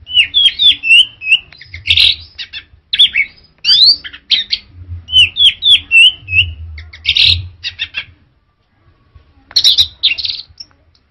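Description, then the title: Orange-headed thrush song: rapid series of varied whistled and slurred phrases with harsher buzzy bursts, in bouts separated by short pauses, over a low background hum. "Anis Merah"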